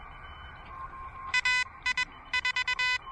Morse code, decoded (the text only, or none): AI4